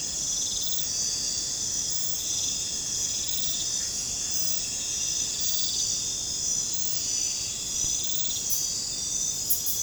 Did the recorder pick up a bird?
no